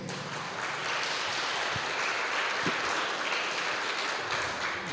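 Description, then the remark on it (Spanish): A conference audience claps steadily for several seconds for the members of Radio Bocina, a dense, even patter of many hands with no voices standing out, holding at a constant level throughout. “Entonces, un saludo y un aplauso para los compañeros y las compañeras de Radio Bocina.”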